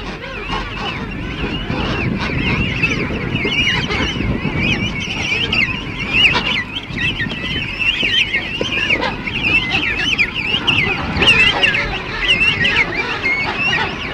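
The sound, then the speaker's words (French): A penguin colony calls in a dense, continuous chorus of overlapping honking, braying cries, loud and steady for the whole stretch with no pauses. “Les manchots, oiseaux de mer sédentaires, joignent au pittoresque de profondes qualités maternelles.”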